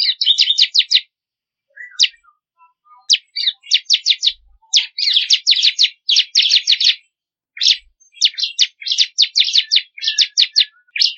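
Bar-winged prinia song: long strings of bright, quickly repeated chip notes in several bursts, with a few soft low notes in one pause; clean background.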